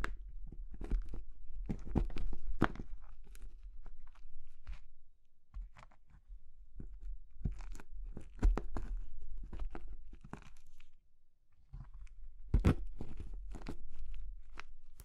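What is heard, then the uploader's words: Dry crunching and crumbling of brittle material, irregular crisp snaps throughout with a sharp louder crack near thirteen seconds. ASMR Oddly Satisfying Crushing Triggers Soap, Chalk, Meringue, Pastel (No Talking).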